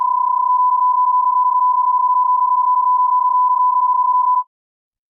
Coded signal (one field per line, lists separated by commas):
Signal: PSK31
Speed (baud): 31.25 baud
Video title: 08h E Comm Modes PT 3-RTTY, PSK31, Olivia, JS8Call